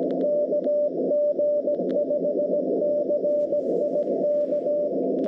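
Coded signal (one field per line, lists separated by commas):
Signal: Morse code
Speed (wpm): 21 wpm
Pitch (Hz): 590 Hz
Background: radio noise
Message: KG5CIK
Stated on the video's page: CW POTA park activation on 20m sent with a new BaMaTech TP-III key and Xiegu G90; propagation fantastic, operator uncomfortable with the new key.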